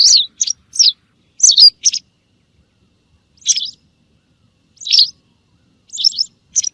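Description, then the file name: White wagtail twittering song, clusters of high chirpy notes early on, then spaced single twitters after a pause of over a second. "Motacilla alba"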